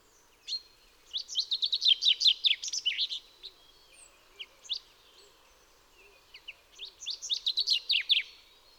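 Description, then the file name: Common chaffinch delivering two lively trills, with a few single chips in the gap between them, over faint background hum. "Fringilla coelebs"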